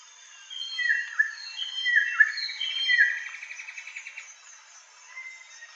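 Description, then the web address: Common paradise kingfisher calling: a run of loud, slightly harsh notes, several sliding downward, then a quick buzzy rattling series fading out, over a thin steady high insect hiss. Indonesia. "ULM-DS-Lab indonesian-bird-sounds. Tanysiptera galatea"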